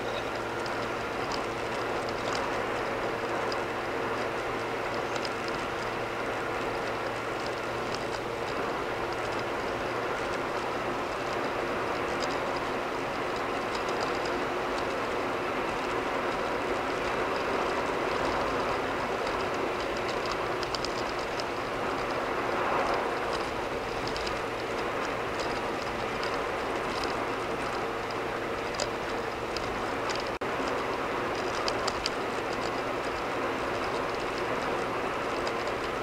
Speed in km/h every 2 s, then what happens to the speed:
89, 89, 89, 90, 92, 92, 92, 93, 93, 95, 93, 92, 93, 90, 89, 90, 87, 90.
0-17 steady at about 92. 27-36 steady at about 89.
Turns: none.